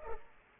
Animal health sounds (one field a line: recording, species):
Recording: mosquito wingbeat signal from an infrared sensor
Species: Culex pipiens